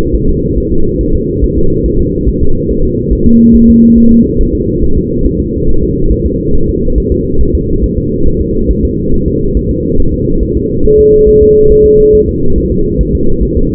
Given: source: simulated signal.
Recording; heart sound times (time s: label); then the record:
fetal heart sounds
0.15 s: S1
0.29 s: S2
0.58 s: S1
0.72 s: S2
1.01 s: S1
1.15 s: S2
1.44 s: S1
1.58 s: S2
1.86 s: S1
2.00 s: S2
2.29 s: S1
2.43 s: S2
2.71 s: S1
2.85 s: S2
3.13 s: S1
3.27 s: S2
3.56 s: S1
3.70 s: S2
3.98 s: S1
4.12 s: S2
4.41 s: S1
4.55 s: S2
4.84 s: S1
4.98 s: S2
5.26 s: S1
5.40 s: S2
5.69 s: S1
5.83 s: S2
6.12 s: S1
6.26 s: S2
6.55 s: S1
6.69 s: S2
6.98 s: S1
7.12 s: S2
7.41 s: S1
7.55 s: S2
7.84 s: S1
7.98 s: S2
8.27 s: S1
8.42 s: S2
8.71 s: S1
8.85 s: S2
9.14 s: S1
9.28 s: S2
9.57 s: S1
9.71 s: S2
10.00 s: S1
10.14 s: S2
10.43 s: S1
10.57 s: S2
10.86 s: S1
11.00 s: S2
11.29 s: S1
11.43 s: S2
11.72 s: S1
11.86 s: S2
12.15 s: S1
12.29 s: S2
12.58 s: S1
12.72 s: S2
13.01 s: S1
13.15 s: S2
13.43 s: S1
13.57 s: S2
From the record:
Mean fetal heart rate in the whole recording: 140 bpm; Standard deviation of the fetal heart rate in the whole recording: 2 bpm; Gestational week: 34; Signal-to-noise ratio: -19.1 dB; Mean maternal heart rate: 72 bpm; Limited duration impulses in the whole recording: present